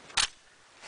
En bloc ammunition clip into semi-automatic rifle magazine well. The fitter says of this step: put it in make sure you hold your hand like that so it doesn't close on your fingers till it clicks and then